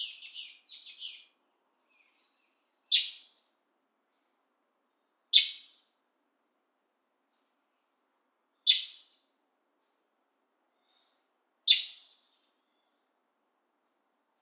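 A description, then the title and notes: A bird gives a quick chattering run, then sharp bright calls roughly every three seconds, with faint soft chirps between them over silence. Sounds of Mexico: Birdsong on the Yucatan Peninsula. I plotted a course to a nearby Cenote that would take me through a couple of small towns and into a more secluded area of the surrounding jungle.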